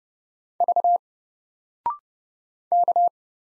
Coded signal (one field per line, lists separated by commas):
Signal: Morse code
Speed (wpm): 30 wpm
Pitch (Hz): 700 Hz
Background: none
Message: V K